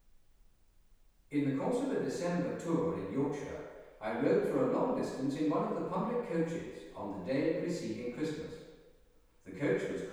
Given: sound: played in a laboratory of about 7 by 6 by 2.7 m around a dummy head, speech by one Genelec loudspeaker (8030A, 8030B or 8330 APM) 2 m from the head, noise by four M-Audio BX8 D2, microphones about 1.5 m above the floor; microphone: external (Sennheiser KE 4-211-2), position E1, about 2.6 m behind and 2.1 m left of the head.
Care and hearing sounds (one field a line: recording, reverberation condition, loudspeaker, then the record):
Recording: male speech in English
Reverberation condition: high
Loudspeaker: 30 degrees to the left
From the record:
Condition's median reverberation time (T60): about 1300 ms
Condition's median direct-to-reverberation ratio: about -4.0 dB